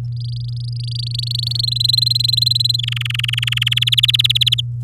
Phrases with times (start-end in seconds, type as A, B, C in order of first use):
0.05-1.66 A, 1.67-2.76 B, 2.78-3.74 C, 3.76-4.61 D